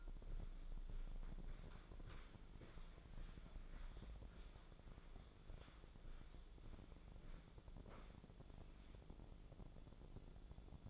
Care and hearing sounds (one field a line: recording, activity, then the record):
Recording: daily activity, microphone in the room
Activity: walk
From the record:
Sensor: 5